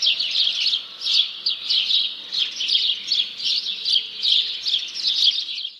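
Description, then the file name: House sparrow chirping in a busy, unbroken chatter, pulsing in louder waves before ending abruptly. "Passer domesticus"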